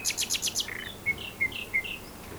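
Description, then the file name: Common nightingale song fragment: a quick run of high clicking notes followed by several short clear whistles. "Luscinia megarhynchos"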